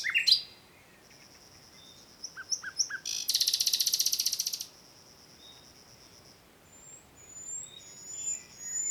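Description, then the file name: Common nightingale song: short sharp notes followed by a loud, fast, buzzing rattle lasting over a second, then faint thin whistles. "Luscinia megarhynchos"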